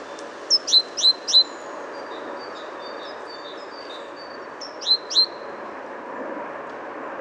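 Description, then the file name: Great tit giving four high, sharp down-slurred notes, then soft faint ticks and two more clear notes, with a steady low hiss beneath. "Parus major"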